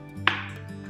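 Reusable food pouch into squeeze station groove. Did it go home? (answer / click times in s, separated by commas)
yes / 0.3 s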